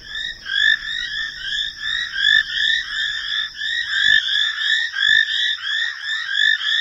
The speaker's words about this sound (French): Et là, il y a la dernière prise de son de cette nuit-là. Ah, c'est des petites grenouilles, hein, des grenouilles peintes. Et puis on entend les hyènes derrière.